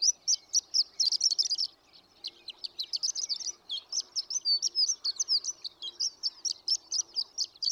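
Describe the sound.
Horned lark song: rapid high tinkling notes in a tumbling sequence, a brief lull near two seconds, then resumed twittering chirps, roughly four per second.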